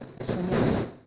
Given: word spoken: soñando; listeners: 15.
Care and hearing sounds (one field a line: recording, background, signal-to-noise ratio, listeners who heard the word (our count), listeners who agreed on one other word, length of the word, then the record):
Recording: one Spanish word in noise, from a listening test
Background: noise modulated by one talker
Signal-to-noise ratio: -7.3 dB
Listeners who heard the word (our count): 0 of 15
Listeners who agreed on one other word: 8 of 15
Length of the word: 0.67 s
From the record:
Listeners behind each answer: 8, 4, 1, 1, 1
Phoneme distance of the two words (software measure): 34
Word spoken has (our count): 3 syllables, 7 phonemes, stress on syllable 2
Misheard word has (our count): 2 syllables, 5 phonemes, stress on syllable 2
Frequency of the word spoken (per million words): 5.94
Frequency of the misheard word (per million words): 12.39